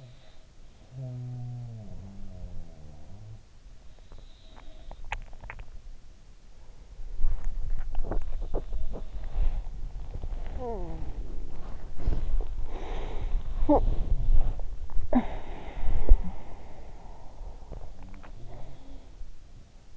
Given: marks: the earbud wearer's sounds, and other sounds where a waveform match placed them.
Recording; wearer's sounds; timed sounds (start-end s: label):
sounds in sleep by an in-ear microphone; swallowing, body movement, teeth grinding, breath, talking in sleep, snoring breath
0.00-3.85 s: sound from someone else or the room
4.50-5.76 s: sound from someone else or the room
5.07-5.75 s: swallowing
7.24-18.58 s: body movement
7.53-10.31 s: teeth grinding
12.61-17.52 s: breath
13.41-14.43 s: talking in sleep
17.97-19.97 s: snoring breath